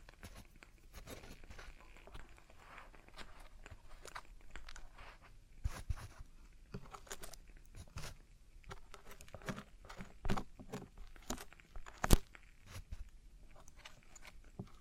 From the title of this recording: Traditional Chinese Ear Cleaning and Earwax Removal